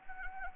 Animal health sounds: mosquito wingbeat signal from an infrared sensor; Anopheles gambiae

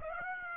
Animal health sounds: mosquito wingbeat signal from an infrared sensor; Aedes aegypti

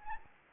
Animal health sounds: mosquito wingbeat signal from an infrared sensor; Anopheles gambiae

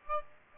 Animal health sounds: mosquito wingbeat signal from an infrared sensor; Aedes aegypti

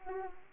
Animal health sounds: mosquito wingbeat signal from an infrared sensor; Anopheles arabiensis

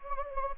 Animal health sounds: mosquito wingbeat signal from an infrared sensor; Anopheles gambiae

